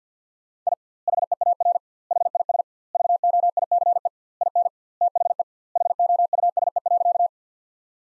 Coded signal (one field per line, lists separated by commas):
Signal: Morse code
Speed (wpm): 50 wpm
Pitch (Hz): 700 Hz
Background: none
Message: I HEAR HIS VOICE IN THE HOUSE.